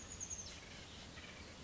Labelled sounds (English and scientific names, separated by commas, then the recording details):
Chestnut-backed Chickadee (Poecile rufescens)
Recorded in Sonoma County, California